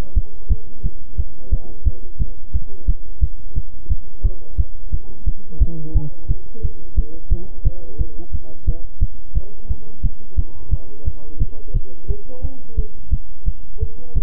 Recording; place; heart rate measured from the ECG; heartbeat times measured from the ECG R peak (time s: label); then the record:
heart sounds by stethoscope; between the tricuspid and mitral areas; 176 bpm
0.15 s: heartbeat
0.49 s: heartbeat
0.82 s: heartbeat
1.16 s: heartbeat
1.50 s: heartbeat
1.84 s: heartbeat
2.18 s: heartbeat
2.52 s: heartbeat
2.86 s: heartbeat
3.20 s: heartbeat
3.54 s: heartbeat
3.89 s: heartbeat
4.23 s: heartbeat
4.57 s: heartbeat
4.91 s: heartbeat
5.25 s: heartbeat
5.59 s: heartbeat
5.93 s: heartbeat
6.27 s: heartbeat
6.62 s: heartbeat
6.96 s: heartbeat
7.30 s: heartbeat
7.64 s: heartbeat
7.98 s: heartbeat
8.32 s: heartbeat
8.66 s: heartbeat
9.00 s: heartbeat
9.34 s: heartbeat
9.68 s: heartbeat
10.02 s: heartbeat
10.36 s: heartbeat
10.70 s: heartbeat
11.04 s: heartbeat
11.38 s: heartbeat
11.73 s: heartbeat
12.07 s: heartbeat
12.41 s: heartbeat
12.76 s: heartbeat
13.10 s: heartbeat
13.45 s: heartbeat
13.79 s: heartbeat
14.14 s: heartbeat
From the record:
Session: bicycle stress test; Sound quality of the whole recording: good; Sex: male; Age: 26 years